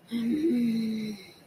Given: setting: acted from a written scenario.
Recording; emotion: vocal sound without words; anger